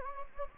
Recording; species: mosquito wingbeat signal from an infrared sensor; Anopheles gambiae